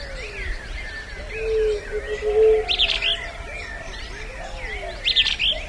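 Large elaenia song: two brief bursts about two seconds apart, with soft low cooing notes and other birds behind.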